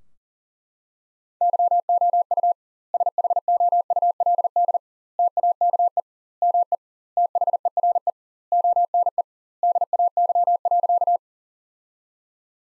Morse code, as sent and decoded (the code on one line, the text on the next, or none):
-.-- --- ..- / ... .... --- ..- .-.. -.. / - .- -.- . / -- . / - .... . .-. . / --- -. . / -.. .- -.-- .-.-.-
YOU SHOULD TAKE ME THERE ONE DAY.